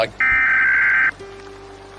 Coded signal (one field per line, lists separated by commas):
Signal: Emergency Alert System (SAME) tones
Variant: header bursts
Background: speech